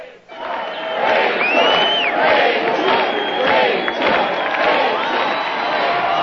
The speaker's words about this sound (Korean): 프랭크의 호의를 받으며 집으로 돌아가려고 했지만 레이첼을 연호하는 관중들의 함성에 그녀의 발길을 붙잡습니다.